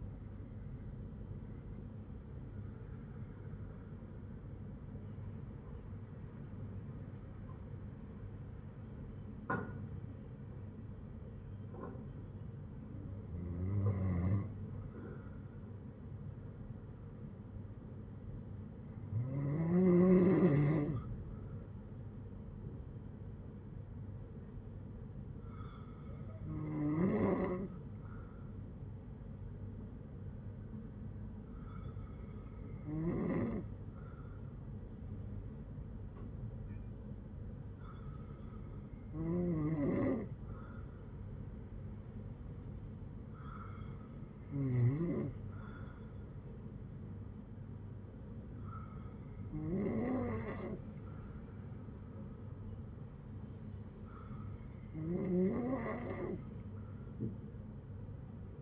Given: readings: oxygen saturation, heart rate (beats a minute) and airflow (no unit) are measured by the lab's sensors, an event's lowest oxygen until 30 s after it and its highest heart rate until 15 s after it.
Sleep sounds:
breathing in sleep by a smartphone at the bedside; 1
3.00-26.10 s: hypopnea (N1, oxygen 97% highest, then 94% lowest, heart rate 55 at the start, 58 highest)
43.00-58.62 s: new sleep stage, N2 (light sleep)
From the record:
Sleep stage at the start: N1 (lightest sleep); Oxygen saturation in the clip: 94 to 97%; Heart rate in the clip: 52 to 59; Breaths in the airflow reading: 11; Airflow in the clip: -8.4 to 6.4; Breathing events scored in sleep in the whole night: 182 in 7.4 hours asleep

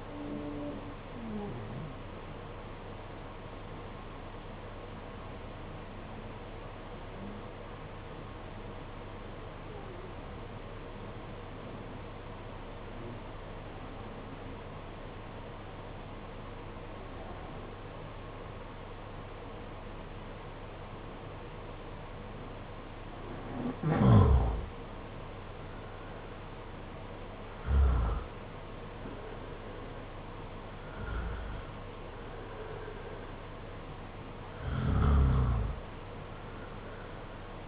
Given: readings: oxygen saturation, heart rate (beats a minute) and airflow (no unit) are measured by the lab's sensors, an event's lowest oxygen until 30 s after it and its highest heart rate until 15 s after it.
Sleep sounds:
breathing in sleep by a voice recorder at the bedside; 1
9.00-25.20 s: obstructive apnea (N2, oxygen 94% highest, then 85% lowest, heart rate 50 at the start, 58 highest)
From the record:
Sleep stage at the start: N2 (light sleep); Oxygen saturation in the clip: 86 to 94%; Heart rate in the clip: 50 to 58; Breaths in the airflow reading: 4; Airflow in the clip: -6.8 to 9.2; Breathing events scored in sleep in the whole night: 476 in 9.7 hours asleep

